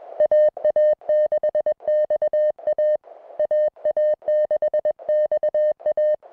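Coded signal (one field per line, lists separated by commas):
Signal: Morse code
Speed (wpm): 21 wpm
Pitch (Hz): 610 Hz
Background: music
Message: AA6XA AA6XA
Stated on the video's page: Unedited CW contacts from a summit activation of two Idaho summits, usable as CW practice.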